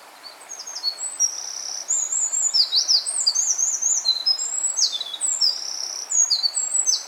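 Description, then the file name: Eurasian wren song: a fast, high, tumbling run of sharp notes and rattling trills, shifting pitch throughout and continuing to the end. "Troglodytes troglodytes"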